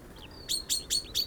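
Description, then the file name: Common chaffinch giving four crisp, high, metallic notes in quick succession. "Fringilla coelebs"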